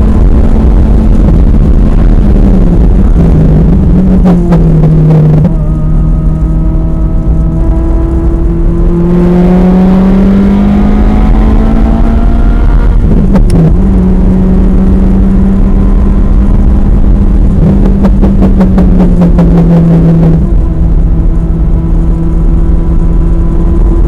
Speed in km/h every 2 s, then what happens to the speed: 130, 85, 87, 93, 113, 129, 132, 140, 134, 113, 116, 119.
0-2 brakes to 85. 2-13 speeds up to 140. 13-17 brakes to 113. 17-24 steady at about 116.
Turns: 2-7, 15-24.